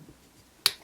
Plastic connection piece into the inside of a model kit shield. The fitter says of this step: there we go and once it pops into place then you can just attach the grenade into here